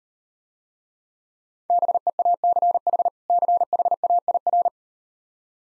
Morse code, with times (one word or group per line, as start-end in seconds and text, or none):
1.7-3.1 BEACH
3.3-4.7 CHAIR